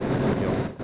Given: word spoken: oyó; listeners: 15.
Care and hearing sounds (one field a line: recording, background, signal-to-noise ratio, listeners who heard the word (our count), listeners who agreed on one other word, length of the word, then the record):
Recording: one Spanish word in noise, from a listening test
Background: noise modulated by three-talker babble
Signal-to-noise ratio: -7.9 dB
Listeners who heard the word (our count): 0 of 15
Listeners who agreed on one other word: 6 of 15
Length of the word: 0.44 s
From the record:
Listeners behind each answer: 6, 2, 2, 1, 1, 1, 1, 1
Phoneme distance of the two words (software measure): 21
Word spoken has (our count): 2 syllables, 3 phonemes, stress on syllable 2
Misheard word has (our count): 1 syllable, 2 phonemes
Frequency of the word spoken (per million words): 20.80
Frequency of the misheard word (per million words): 1099.14